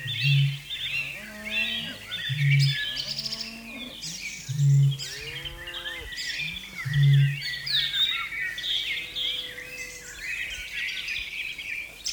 Australasian bittern/matuku-hūrepo territorial call.